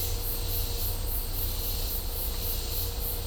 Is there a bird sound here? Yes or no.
no